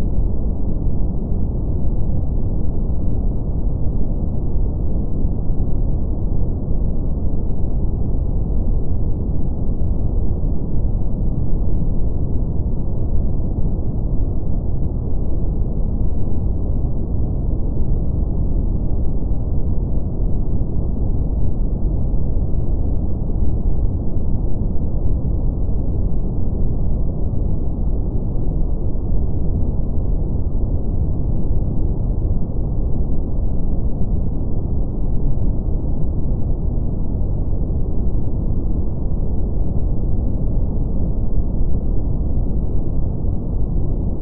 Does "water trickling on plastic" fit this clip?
no